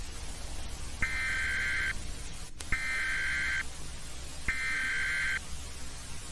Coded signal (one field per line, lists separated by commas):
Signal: Emergency Alert System (SAME) tones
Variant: header bursts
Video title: [EAS Scenario] The shaking earth